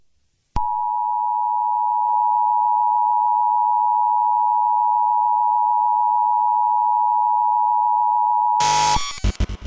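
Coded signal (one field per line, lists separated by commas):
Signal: Emergency Alert System (SAME) tones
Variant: 853 and 960 Hz attention tone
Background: music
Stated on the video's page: Simulated EAS scenario, reuploaded.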